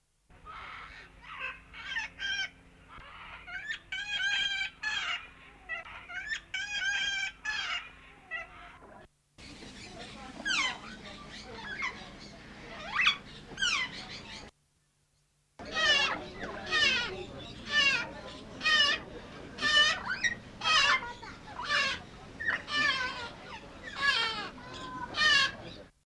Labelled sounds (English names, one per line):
Lord Derby's Parakeet call